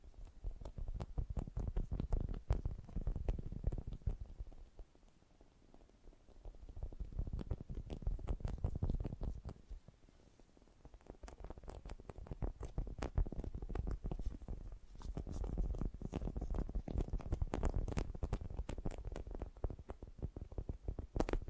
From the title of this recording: Fast & Gentle Tapping